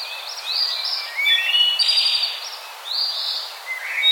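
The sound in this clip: Birds chirping in a lively mix of high whistled notes and sweeping phrases, several callers overlapping over a constant hiss.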